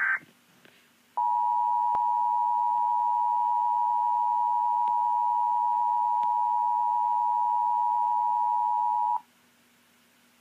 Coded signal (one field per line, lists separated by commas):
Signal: Emergency Alert System (SAME) tones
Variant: 853 and 960 Hz attention tone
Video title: EAS 1851 FFW-Extension (FFW-C) NWS Lake Charles